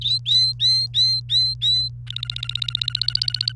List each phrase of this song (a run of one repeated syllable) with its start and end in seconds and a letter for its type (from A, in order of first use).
0.01-1.89 A, 2.07-3.52 B